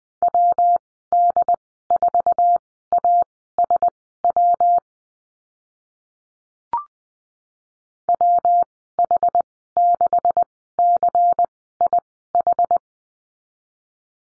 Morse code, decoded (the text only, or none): WD4ASW WH6CIH